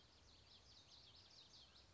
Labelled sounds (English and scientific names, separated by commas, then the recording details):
Common Yellowthroat (Geothlypis trichas)
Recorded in Sonoma County, California